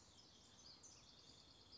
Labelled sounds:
House Wren
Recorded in Sonoma County, California

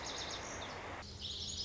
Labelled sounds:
Lazuli Bunting
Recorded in Sonoma County, California

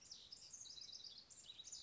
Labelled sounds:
House Wren
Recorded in Sonoma County, California

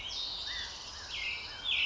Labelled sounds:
California Quail
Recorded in Sonoma County, California

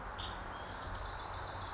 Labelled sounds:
Wilson's Warbler
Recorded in Sonoma County, California

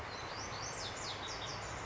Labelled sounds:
Lazuli Bunting
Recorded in Sonoma County, California

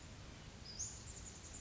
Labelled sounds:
Western Flycatcher
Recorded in Sonoma County, California

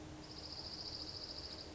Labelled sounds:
Dark-eyed Junco
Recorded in Sonoma County, California

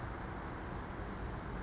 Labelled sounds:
Oak Titmouse
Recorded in Sonoma County, California

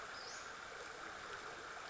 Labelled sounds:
Western Flycatcher
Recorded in Sonoma County, California

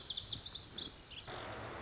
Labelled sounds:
Lazuli Bunting
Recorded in Sonoma County, California

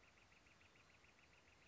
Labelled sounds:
Northern Flicker
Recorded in Sonoma County, California

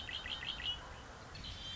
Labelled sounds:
Red-winged Blackbird
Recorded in Sonoma County, California

